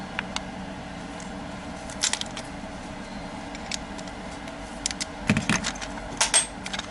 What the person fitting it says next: Okay, that's the click we want to hear.